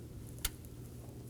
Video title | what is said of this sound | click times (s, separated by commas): How to Replace Crankshaft Position Sensor 2018-2024 Chevrolet Equinox 1.5L L4 | Make sure you hear that click and make sure it's secure. | 0.5 s